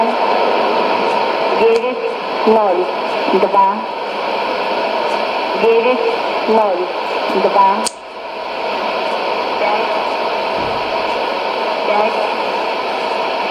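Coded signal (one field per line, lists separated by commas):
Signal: numbers station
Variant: S06s, Russian female voice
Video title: 02 08 2017 Numbers station S06s Russian Lady in Russian to Eu 0834 on 11565 unknown tx site in CUSB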